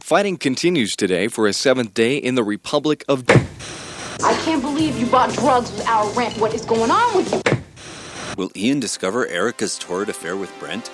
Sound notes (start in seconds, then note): 3.2 television channel changes; 7.4 television channel changes